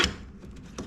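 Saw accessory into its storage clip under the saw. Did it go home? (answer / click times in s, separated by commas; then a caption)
no / none. An accessory is handled and put into its storage clip under a Dewalt DWE7491RS table saw. A sharp broadband tap at the start fades into soft handling noise, with another brief knock near 0.8 s. Nothing has seated or clicked yet.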